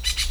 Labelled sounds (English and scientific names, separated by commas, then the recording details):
Brown-throated Parakeet (Eupsittula pertinax) contact call
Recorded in Venezuela
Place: Hato Matapalo, Bolívar
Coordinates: 7.356, -61.542